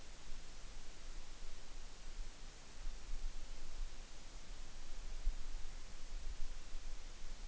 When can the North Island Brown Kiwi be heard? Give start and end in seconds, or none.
none